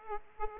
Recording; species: mosquito wingbeat signal from an infrared sensor; Aedes aegypti